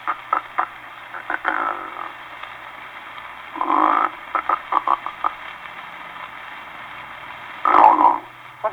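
An imitated snore of the auto-resuscitation or self-awakening type by an adult man: two loud snorting bursts with clicks between, over hiss, ending in a self-waking snort after which the snorer wakes.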